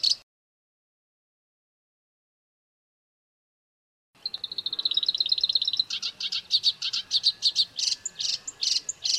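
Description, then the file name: Black-browed reed warbler song, a single brief note, then four seconds of silence before a fast buzzy trill that breaks into loud, varied, scratchy phrases. "suara kerakbasi alis hitam masteran"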